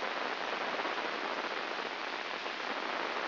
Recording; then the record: brain microelectrode recording played as sound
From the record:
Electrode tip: inside the subthalamic nucleus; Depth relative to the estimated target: -1 mm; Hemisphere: right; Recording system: AlphaMap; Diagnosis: Parkinson's disease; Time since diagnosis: 10 years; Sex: female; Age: 63 years